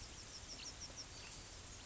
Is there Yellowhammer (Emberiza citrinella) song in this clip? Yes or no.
no